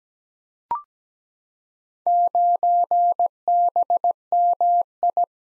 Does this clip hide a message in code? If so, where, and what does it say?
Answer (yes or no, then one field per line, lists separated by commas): yes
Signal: Morse code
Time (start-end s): 2.1-5.2 s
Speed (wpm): 17 wpm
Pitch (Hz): 700 Hz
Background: none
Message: 9BMI